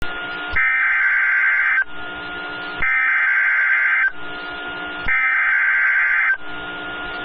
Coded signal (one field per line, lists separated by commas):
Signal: Emergency Alert System (SAME) tones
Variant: header bursts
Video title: Severe Thunderstorm Warning (AR and LA) (12/28/24) [EAS #89]